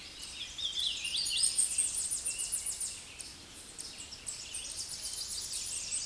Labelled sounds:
Hooded Warbler song
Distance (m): 20 m
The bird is about level with the microphone
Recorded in a Pennsylvania forest on 16 May 2024 at 08:17
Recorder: AudioMoth, point MSD-2478
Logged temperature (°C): 15.6 °C
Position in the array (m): 55 m, 173 m

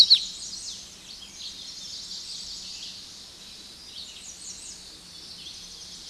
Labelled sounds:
American Redstart song
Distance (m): 80 m
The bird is about 15 m above the microphone
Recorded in a Pennsylvania forest on 16 May 2024 at 06:22
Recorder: AudioMoth, point MSD-2143
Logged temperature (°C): 16.0 °C
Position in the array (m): 32 m, 227 m

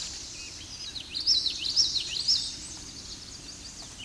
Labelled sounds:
Common Yellowthroat song
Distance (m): 10 m
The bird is about level with the microphone
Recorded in a Pennsylvania forest on 16 May 2024 at 08:05
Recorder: AudioMoth, point MSD-1293
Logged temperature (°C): 12.0 °C
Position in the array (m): 56 m, 145 m

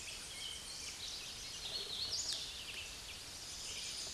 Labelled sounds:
Hooded Warbler song
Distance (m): 30 m
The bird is about 5 m above the microphone
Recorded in a Pennsylvania forest on 16 May 2024 at 09:29
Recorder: AudioMoth, point MSD-2443
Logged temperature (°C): 16.4 °C
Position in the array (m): 156 m, 157 m

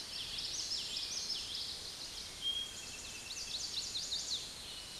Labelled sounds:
Common Yellowthroat song
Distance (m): 30 m
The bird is about level with the microphone
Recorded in a Pennsylvania forest on 16 May 2024 at 06:29
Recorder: AudioMoth, point MSD-2453
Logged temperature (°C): 16.3 °C
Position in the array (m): 231 m, 181 m

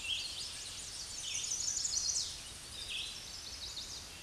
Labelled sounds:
Chestnut-sided Warbler song
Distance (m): 30 m
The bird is about 15 m above the microphone
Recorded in a Pennsylvania forest on 16 May 2024 at 08:16
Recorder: AudioMoth, point MSD-2107
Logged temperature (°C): 16.1 °C
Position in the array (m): 47 m, 151 m

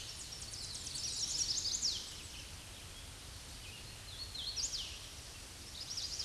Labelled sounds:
Hooded Warbler song
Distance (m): 25 m
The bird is about 5 m above the microphone
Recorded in a Pennsylvania forest on 16 May 2024 at 07:52
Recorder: AudioMoth, point MSD-2040
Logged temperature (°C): 15.3 °C
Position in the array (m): 120 m, 146 m

